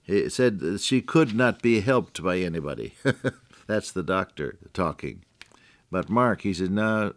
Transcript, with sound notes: It said that she could not be helped by anybody [chuckle] That’s the doctor talking. But Mark, he said, “No,